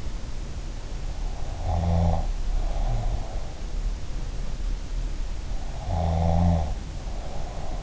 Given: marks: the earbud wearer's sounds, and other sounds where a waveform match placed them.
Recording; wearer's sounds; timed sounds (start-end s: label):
sounds in sleep by an in-ear microphone; snoring breath
1.67-3.27 s: snoring breath
5.89-7.83 s: snoring breath